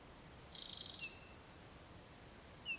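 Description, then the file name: Eurasian wren giving a single short pulsed rattle, followed by two thin notes, over soft hiss. "Troglodytes troglodytes"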